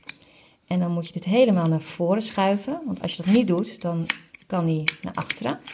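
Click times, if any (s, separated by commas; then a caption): 0.1 s. A plastic beat stand is clicked horizontally onto the plastic base of a Wrapit craft loom, seating with a sharp click at 0.1 s. A second, fainter click follows, and then someone talks for the rest of the clip.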